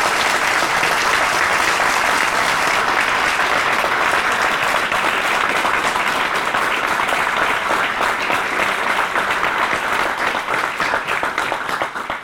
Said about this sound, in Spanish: Sí, un aplauso para ustedes.